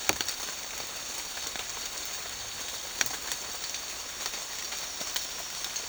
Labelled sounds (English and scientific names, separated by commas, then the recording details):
none
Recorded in secondary vegetation near Puerto Asís, Putumayo, Colombia, on 12 March 2025 at 08:30
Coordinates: 0.499, -76.323
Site G094